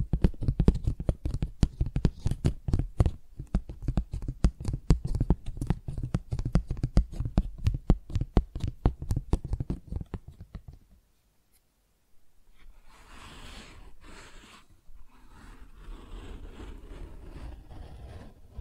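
Tingly flower sounds made by hand: for about ten seconds, rapid crisp tapping and rustling pulses repeat densely and evenly with a low thump beneath. A near-silent pause follows around 11 to 12 seconds, then softer, scratchy brushing and crinkling continues steadily to the end.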